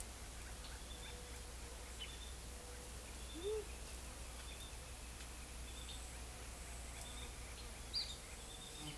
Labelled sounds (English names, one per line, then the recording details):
none
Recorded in forest near Pivijay, Magdalena, Colombia, on 5 June 2023 at 12:00
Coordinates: 10.467, -74.380
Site Z5-G034